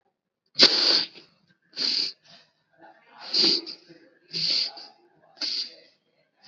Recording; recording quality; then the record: shallow breathing; excellent, no background noise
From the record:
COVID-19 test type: RT-PCR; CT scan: not taken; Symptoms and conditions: fever, muscle pain, another condition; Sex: male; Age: 18 years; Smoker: no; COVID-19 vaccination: both doses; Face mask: worn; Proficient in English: yes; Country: India